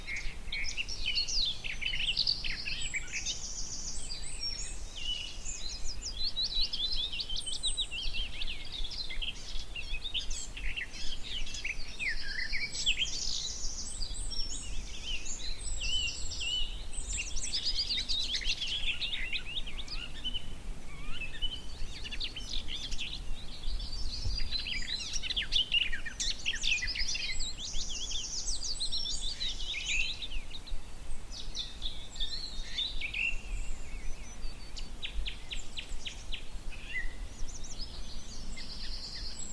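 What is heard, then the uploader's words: A garden warbler sings in a long, run-on stream of bright, rapid warbling notes, with brief pauses around 5, 20 and 33 seconds. Other small birds chirp in the background over a faint, steady low rumble of outdoor noise. The little-known song of the garden warbler. As the scrubby hillside hawthorns burst into burst into bloom, the musky vanilla perfume of the white mayflowers encourages a male garden warbler into his fluted song. A charming, if rather frenetic, spring song.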